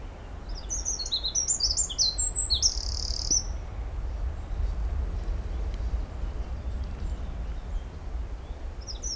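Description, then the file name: Eurasian wren song: a quick cascade of sharp, high notes ending in a buzzy trill, with another phrase just starting at the end, over low rumbling noise. "Troglodytes troglodytes"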